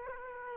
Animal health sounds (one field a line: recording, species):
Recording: mosquito wingbeat signal from an infrared sensor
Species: Aedes aegypti